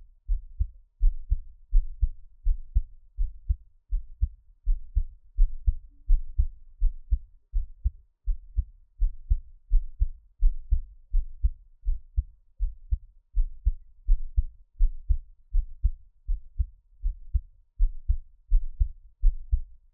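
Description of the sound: Steady low heartbeat thumps at about 83 beats per minute, heard close-up, with no talking.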